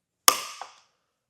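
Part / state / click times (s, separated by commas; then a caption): roof rack tower clamp tightened with a torque-limiting tool / torque reached / 0.3 s. A Thule WingBar Evo roof rack foot tower on a 2025 Hyundai Ioniq 5 is tightened with the supplied torque tool, which has a built-in 4 Nm torque limiter. A sharp, loud click at 0.3 s rings out with a bright tail and a fainter second tick around 0.6 s. The tower is torqued down all the way to the tool's setting.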